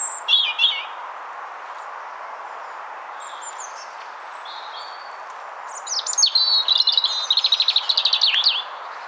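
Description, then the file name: European robin song: a brief warbled burst, faint high whistles, then a rapid sparkling run of repeated notes and a closing flourish. "Erithacus rubecula"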